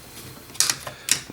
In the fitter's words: ça vient se clipser comme ça